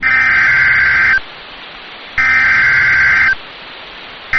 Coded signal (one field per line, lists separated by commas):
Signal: Emergency Alert System (SAME) tones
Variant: header bursts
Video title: SEVERE THUNDERSTORM WARNING (EAS ALERT 189)